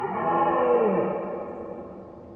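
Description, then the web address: Red Deer roar: a single deep, rasping bellow with a slightly falling pitch, loud at first and slowly dying away over about two seconds. Red deer roaring, heard at far distance. "Ivo Vicic - Red Deer and Roe Deer"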